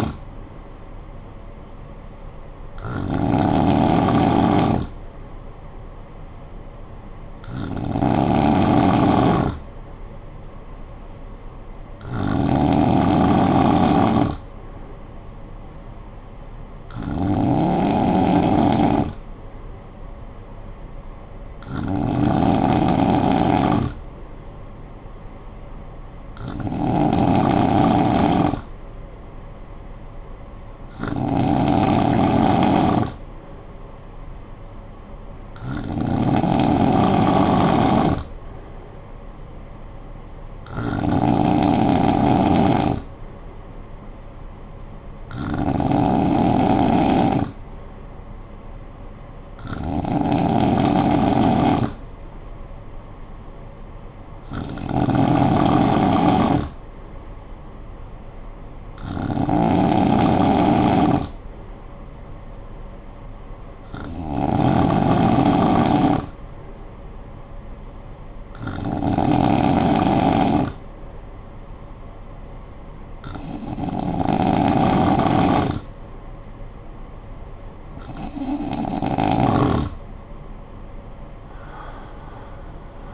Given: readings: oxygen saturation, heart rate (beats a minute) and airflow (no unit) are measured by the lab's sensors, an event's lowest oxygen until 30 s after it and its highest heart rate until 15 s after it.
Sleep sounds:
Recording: breathing in sleep by a smartphone at the bedside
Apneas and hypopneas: none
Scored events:
none scored
From the record:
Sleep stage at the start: N2 (light sleep)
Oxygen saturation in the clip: 93 to 94%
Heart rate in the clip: 50 to 60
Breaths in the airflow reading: 17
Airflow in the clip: -9.0 to 7.4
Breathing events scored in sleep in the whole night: 445 in 7.6 hours asleep

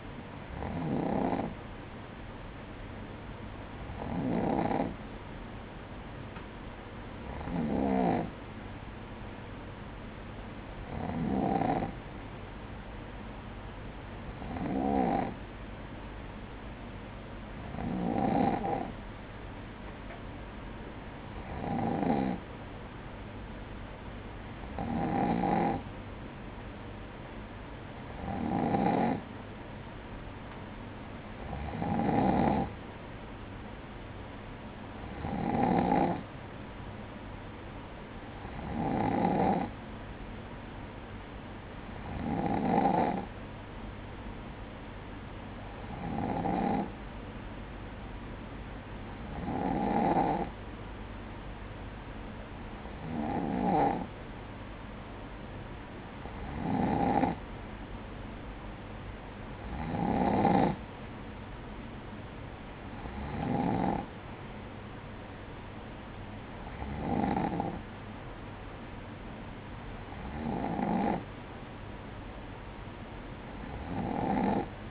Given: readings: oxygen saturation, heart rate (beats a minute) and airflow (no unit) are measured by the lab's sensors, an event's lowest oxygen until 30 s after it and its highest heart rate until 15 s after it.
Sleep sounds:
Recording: breathing in sleep by a voice recorder at the bedside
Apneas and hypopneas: none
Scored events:
none scored
From the record:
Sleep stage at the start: N2 (light sleep)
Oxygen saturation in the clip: 94 to 95%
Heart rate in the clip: 54 to 58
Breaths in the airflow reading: 21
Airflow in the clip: -7.9 to 6.3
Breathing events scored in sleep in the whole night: 180 in 6.7 hours asleep

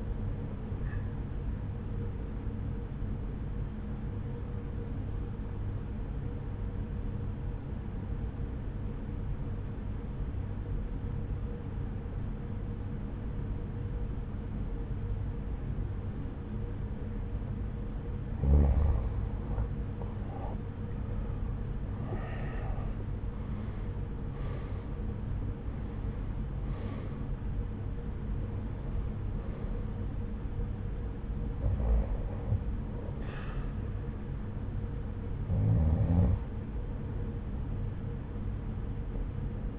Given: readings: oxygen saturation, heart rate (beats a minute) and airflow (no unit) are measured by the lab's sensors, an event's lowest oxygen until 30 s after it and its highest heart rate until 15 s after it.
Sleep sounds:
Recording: breathing in sleep by a smartphone at the bedside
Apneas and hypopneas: 1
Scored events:
5.00-20.40 s: obstructive apnea (N1, oxygen 91% highest, then 86% lowest)
From the record:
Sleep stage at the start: N1 (lightest sleep)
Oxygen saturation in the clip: 87 to 92%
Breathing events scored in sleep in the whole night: 303 in 8.1 hours asleep

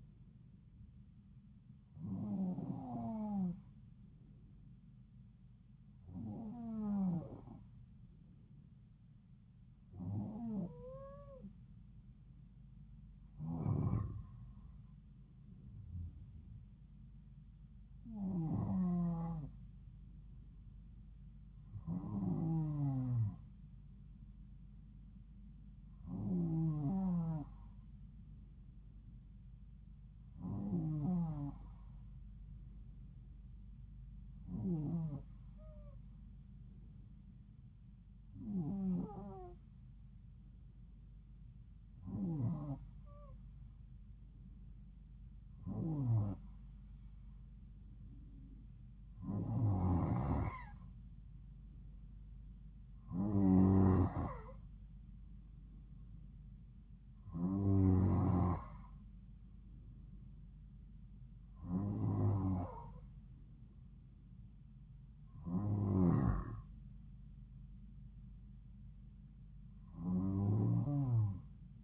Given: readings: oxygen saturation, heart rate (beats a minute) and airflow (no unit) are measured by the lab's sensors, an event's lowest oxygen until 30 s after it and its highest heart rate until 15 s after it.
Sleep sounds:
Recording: breathing in sleep by a smartphone at the bedside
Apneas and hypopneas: 1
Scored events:
4.00-19.20 s: hypopnea (N2, oxygen 93% highest, then 92% lowest)
From the record:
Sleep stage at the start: N2 (light sleep)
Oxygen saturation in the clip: 91 to 94%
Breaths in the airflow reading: 18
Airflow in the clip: -3.4 to 3.5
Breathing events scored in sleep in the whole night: 270 in 6.1 hours asleep

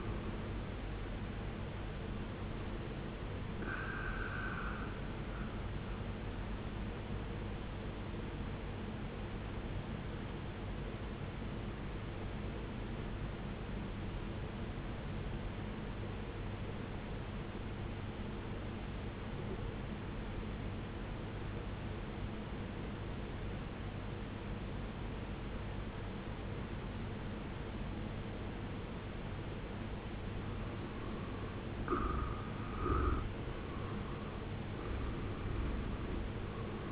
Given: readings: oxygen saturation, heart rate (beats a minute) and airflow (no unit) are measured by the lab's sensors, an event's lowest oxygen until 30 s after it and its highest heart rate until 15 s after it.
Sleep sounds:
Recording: breathing in sleep by a voice recorder at the bedside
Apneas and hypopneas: 1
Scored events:
10.00-36.92 s: new sleep stage, N2 (light sleep)
13.00-30.60 s: obstructive apnea (N2, oxygen 95% highest, then 82% lowest, heart rate 69 at the start, 69 highest)
From the record:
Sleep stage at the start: N1 (lightest sleep)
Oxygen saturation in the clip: 81 to 95%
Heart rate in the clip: 57 to 69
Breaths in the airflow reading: 4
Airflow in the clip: -11.4 to 14.0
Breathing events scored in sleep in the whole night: 389 in 6.3 hours asleep

